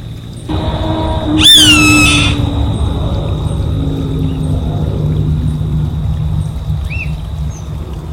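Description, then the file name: Savanna hawk giving one harsh, downslurred scream over constant low background noise. "Canto do gaviao vaqueiro"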